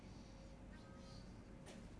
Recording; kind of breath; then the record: one breath in and out by a microphone near the nose and mouth; normal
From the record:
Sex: male